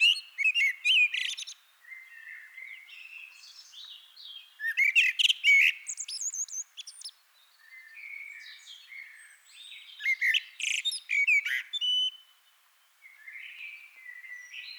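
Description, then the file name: Common blackbird singing: several loud phrases with high squeaky twitters, separated by stretches of quieter warbling. "Turdus merula"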